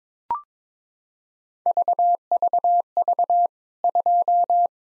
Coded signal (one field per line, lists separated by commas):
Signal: Morse code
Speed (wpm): 22 wpm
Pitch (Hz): 700 Hz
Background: none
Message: VVV 2